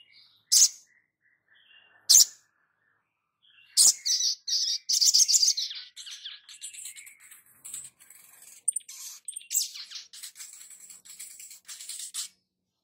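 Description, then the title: Spiderhunter song: two sharp high chips, then a long jumbled twittering warble of squeaky, buzzy notes. Masteran (training recording for cage birds), Labaik variant. "Masteran Burung Sogok Ontong Labaik"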